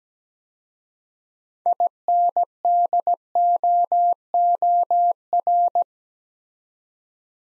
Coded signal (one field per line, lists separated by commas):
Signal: Morse code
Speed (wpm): 17 wpm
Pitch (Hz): 700 Hz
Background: none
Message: INDOOR